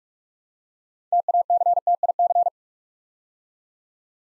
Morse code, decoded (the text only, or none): TACTIC